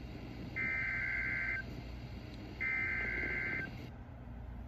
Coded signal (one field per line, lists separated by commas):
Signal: Emergency Alert System (SAME) tones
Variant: header bursts